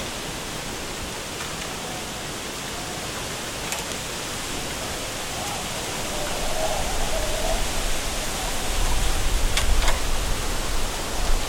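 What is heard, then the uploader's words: Wind rushes steadily through a bamboo forest, a dense hiss filling everything from low rumble to bright top. The gusts build in the second half, growing louder with a deeper roar after eight seconds. Brief cracks and faint creaks surface around four and ten seconds. Stronger Winds in a Bamboo Forest.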